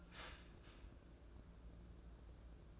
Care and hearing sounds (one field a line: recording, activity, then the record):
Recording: daily activity, microphone in the room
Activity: start toaster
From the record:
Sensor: 2